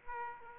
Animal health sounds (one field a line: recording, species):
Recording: mosquito wingbeat signal from an infrared sensor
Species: Aedes aegypti